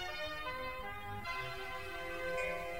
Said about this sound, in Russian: Где-то вдали как будто раздался колокольный звон, и мальчик потерял сознание.